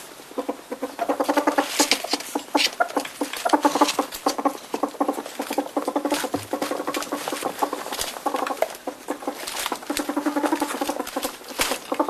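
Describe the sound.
European polecat giving a continuous, fast, staccato chatter of buzzy harmonic pulses in bursts of a second or two, mixed with brief scratchy clicks.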